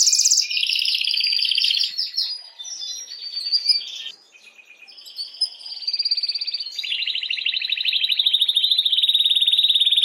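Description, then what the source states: Canary song, a continuous sequence of fast rattling trills shifting between pitches, with a short quieter break midway before a long even trill to the end. Belgian mosaic canary song.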